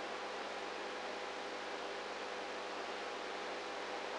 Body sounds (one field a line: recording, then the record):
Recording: brain microelectrode recording played as sound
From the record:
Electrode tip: outside the subthalamic nucleus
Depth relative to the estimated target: -5 mm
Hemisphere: right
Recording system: NeuroSet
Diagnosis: Parkinson's disease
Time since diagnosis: 19 years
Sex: female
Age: 58 years